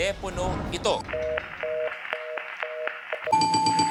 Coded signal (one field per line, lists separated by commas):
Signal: telephone call progress tone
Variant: North America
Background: speech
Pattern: reorder tone